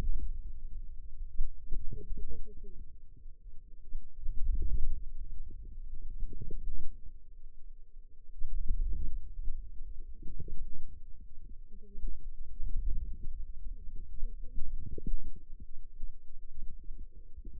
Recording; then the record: forearm muscle sounds (acoustic myography)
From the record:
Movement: wrist flexion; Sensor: system 2, bracelet of six BSWA MPA416 microphones around the upper forearm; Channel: 2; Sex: female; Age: 21 years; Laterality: right